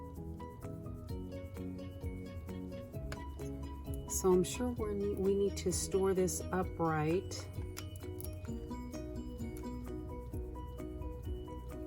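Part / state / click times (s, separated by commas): plastic lid or cap onto a craft paint container / not seated / none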